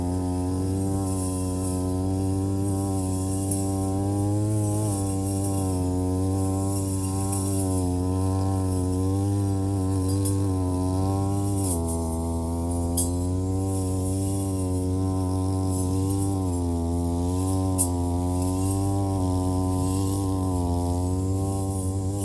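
A brush cutter runs without pause as grass is trimmed along rows of green onions and around a field. Its buzzing engine drone holds steady in loudness while the pitch wavers up and down. A few sharp ticks, likely debris striking, come near 13 and 18 seconds.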